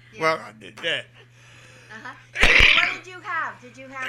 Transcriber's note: he coughs